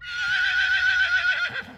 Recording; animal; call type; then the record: contact call of a hoofed animal; Przewalski's horse; whinny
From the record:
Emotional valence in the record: negative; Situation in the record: group separation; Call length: 1.78 s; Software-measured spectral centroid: 2550 Hz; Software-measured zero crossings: 3340 a second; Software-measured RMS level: -23 dBFS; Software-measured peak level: -12 dBFS